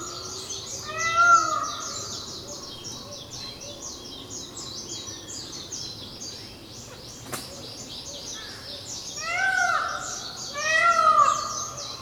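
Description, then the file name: Indian peafowl giving loud, arching, harmonic wailing calls, one near the start and a pair later, over constant high chirping from insects or small birds. Recorded on Miyakojima on 30 April 2016. "indokujaku miyakojima"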